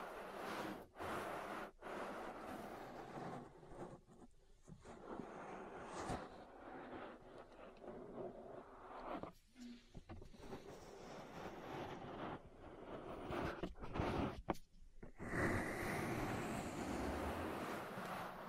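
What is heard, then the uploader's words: An ASMR ear massage: dense, continuous rubbing and rustling with a low rumble beneath it, sometimes resembling a passing vehicle. Sharp taps and sudden brief breaks cut in near the start, around nine seconds and near fifteen seconds. The last few seconds grow louder and brighter. ASMR Relaxing Ear Massage. (No Talking).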